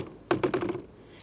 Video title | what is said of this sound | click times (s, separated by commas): How to Replace HVAC Blend Door Actuator 2014-2019 Toyota Corolla | We'll press this just high enough they latch in. | 0.3 s